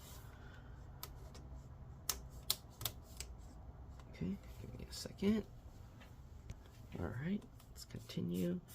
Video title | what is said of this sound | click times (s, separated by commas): ASUS X1502Z Disassembly RAM SSD Hard Drive Upgrade Battery LCD Screen Replacement Repair | all around, click everything in. | 1.0 s, 2.1 s, 2.5 s, 2.9 s